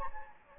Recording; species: mosquito wingbeat signal from an infrared sensor; Anopheles gambiae